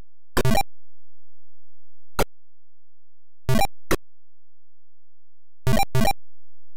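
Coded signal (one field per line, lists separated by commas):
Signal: none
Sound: game sound effects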